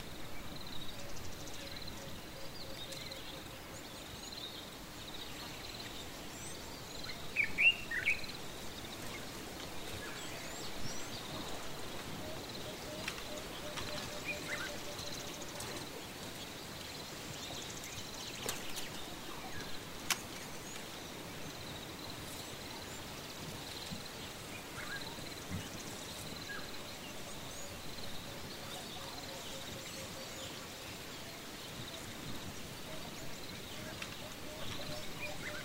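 African bush ambience with a steady bed of wind and rustle running throughout. A thin high insect-like whine holds near the top, with scattered bird chirps and a brief louder call around eight seconds, plus a few sharp clicks later on.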